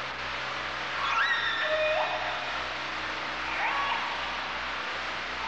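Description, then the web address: Orca calls: a couple of wavering, harmonic squealing calls with upswept and downslurred notes, separated by a pause, over constant hiss and low rumbling. "kasatka"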